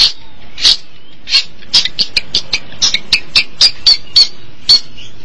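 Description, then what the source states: Long-tailed Shrike giving harsh, rasping notes, spaced out at first, then coming faster. Recorded in March 2017.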